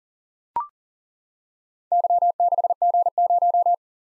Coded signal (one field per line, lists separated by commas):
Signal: Morse code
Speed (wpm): 40 wpm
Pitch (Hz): 700 Hz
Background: none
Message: Y6G0